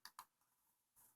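A small internal cable plug, hard to remove earlier, is pushed back into its board socket inside a Canon PowerShot A85 camera during a CCD replacement. Two sharp, bright clicks at 0.1 s and 0.2 s are followed by faint small ticks and a brief soft hiss near 1.0 s. The plug is seated back in its socket.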